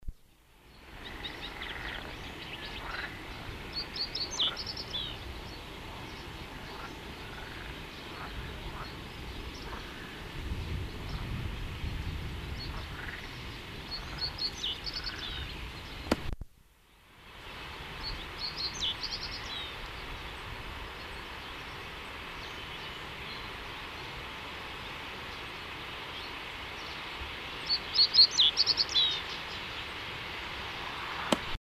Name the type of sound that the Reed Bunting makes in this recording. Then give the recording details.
song. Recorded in the wild. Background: Acrocephalus scirpaceus. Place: Hettenleidelheim, Rheinland-Pfalz, DE. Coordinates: 49.5353, 8.07278. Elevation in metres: 252. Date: 1975-08-24. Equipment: Nagra IV, Sennheiser MKH 405, Parabolreflektor. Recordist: Tretzel, Erwin. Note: Hettenleidelheim: Gesang einer Rohrammer